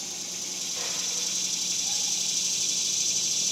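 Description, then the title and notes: Cicadas in a steady, dense high-pitched buzzing chorus that swells slightly louder over the first seconds, with a faint low hum underneath. Cicadas recorded outdoors in summer in the suburbs. "Ext Summer Cicadas, Suburbs by Bandeto"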